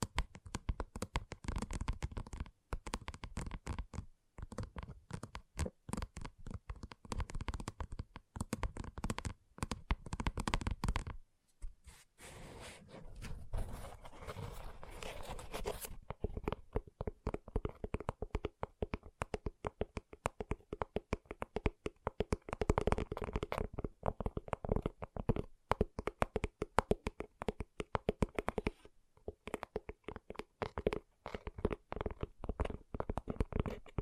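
Gentle tapping in quick, dense bursts, with a softer rustling stretch near the middle before the rapid taps resume through the end.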